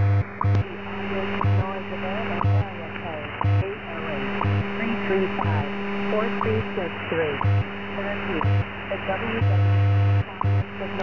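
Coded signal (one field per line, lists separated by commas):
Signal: radio time signal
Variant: WWVH test signal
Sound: abruptly switching steady low tones, hissy noise bursts and warbling tones, repeating segments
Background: radio static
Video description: WWVH transmitting test signals in 15000 kHz, at minute 48, this catch was at 00:48 UTC, May 26 2022.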